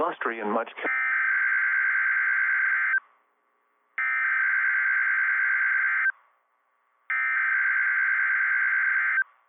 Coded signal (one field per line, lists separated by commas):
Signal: Emergency Alert System (SAME) tones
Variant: header bursts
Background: speech